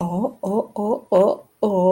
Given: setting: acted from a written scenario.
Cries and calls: vocal sound without words; interest

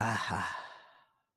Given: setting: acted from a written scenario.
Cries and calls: vocal sound without words; pride

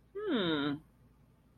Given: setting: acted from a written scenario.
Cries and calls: vocal sound without words; interest

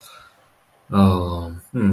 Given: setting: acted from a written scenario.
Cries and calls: vocal sound without words; sympathy

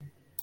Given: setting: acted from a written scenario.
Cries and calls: vocal sound without words; sadness

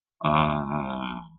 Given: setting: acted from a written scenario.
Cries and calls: vocal sound without words; romantic love

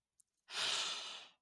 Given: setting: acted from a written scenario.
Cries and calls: vocal sound without words; awe

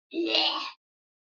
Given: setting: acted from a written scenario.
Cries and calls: vocal sound without words; disgust

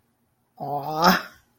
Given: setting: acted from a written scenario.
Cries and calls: vocal sound without words; positive surprise

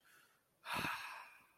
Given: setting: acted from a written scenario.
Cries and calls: vocal sound without words; ecstasy

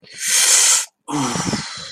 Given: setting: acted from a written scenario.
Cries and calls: vocal sound without words; pain

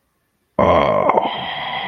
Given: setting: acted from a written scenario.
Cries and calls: vocal sound without words; desire

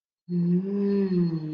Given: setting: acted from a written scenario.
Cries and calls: vocal sound without words; ecstasy

